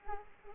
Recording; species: mosquito wingbeat signal from an infrared sensor; Anopheles arabiensis